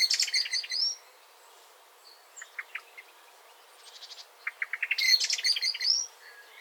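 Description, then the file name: Common blackbird uttering bursts of high scratchy twittering separated by a few soft clicky chips and a short pause. "Turdus merula"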